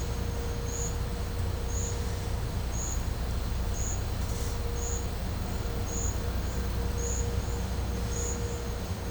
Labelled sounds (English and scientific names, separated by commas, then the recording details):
none
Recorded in pastures near Puerto Asís, Putumayo, Colombia, on 16 December 2024 at 11:00
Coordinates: 0.502, -76.324
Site G077